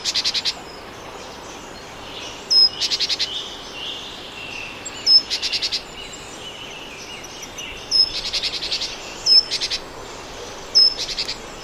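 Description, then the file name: Great tit giving repeated scolding calls: a high sharp note followed by a rapid string of harsh buzzy notes, phrases every couple of seconds. "Parus major"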